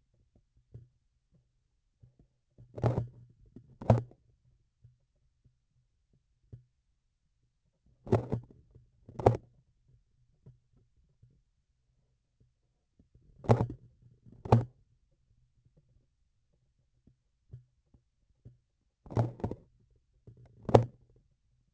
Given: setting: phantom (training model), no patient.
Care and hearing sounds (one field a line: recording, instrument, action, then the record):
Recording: laparoscopic instrument, vibration sensor on the handle end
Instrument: grasping forceps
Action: opening and closing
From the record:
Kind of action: tool actuation without material contact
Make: other than Olympus